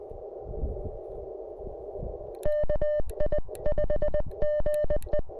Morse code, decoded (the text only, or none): KI5GE